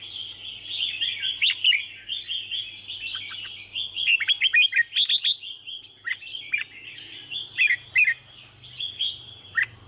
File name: Tieng chao mao hot che